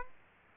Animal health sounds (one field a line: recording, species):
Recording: mosquito wingbeat signal from an infrared sensor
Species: Aedes aegypti